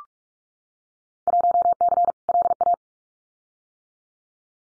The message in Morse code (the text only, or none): 1C LA